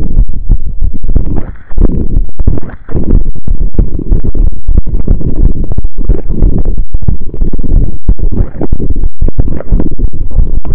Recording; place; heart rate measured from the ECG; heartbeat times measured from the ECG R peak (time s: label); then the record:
heart sounds by stethoscope; between the tricuspid and mitral areas; 182 bpm
0.17 s: heartbeat
0.50 s: heartbeat
0.83 s: heartbeat
1.16 s: heartbeat
1.49 s: heartbeat
1.82 s: heartbeat
2.15 s: heartbeat
2.47 s: heartbeat
2.80 s: heartbeat
3.13 s: heartbeat
3.46 s: heartbeat
3.79 s: heartbeat
4.12 s: heartbeat
4.45 s: heartbeat
4.77 s: heartbeat
5.10 s: heartbeat
5.43 s: heartbeat
5.76 s: heartbeat
6.09 s: heartbeat
6.42 s: heartbeat
6.75 s: heartbeat
7.08 s: heartbeat
7.41 s: heartbeat
7.74 s: heartbeat
8.07 s: heartbeat
8.40 s: heartbeat
8.73 s: heartbeat
9.06 s: heartbeat
9.39 s: heartbeat
9.72 s: heartbeat
10.05 s: heartbeat
10.38 s: heartbeat
10.71 s: heartbeat
From the record:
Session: pedaling a stationary bicycle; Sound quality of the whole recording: saturated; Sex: male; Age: 23 years